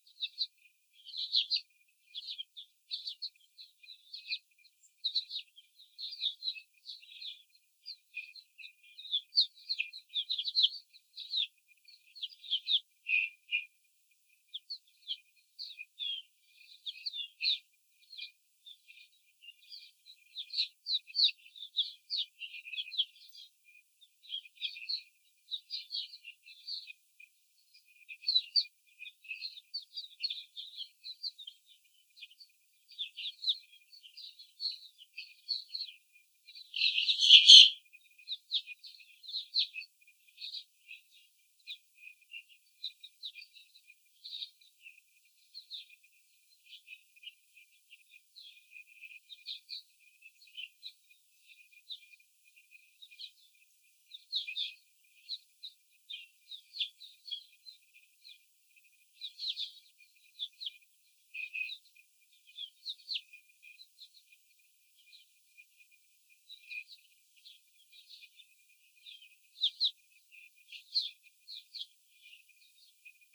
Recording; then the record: young laying hens in a cage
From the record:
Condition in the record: after the stressor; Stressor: simulated dog barking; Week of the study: 4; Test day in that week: 2